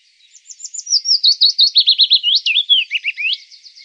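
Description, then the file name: Willow warbler giving a soft, descending phrase of many slurred whistled notes. "Lovsagare"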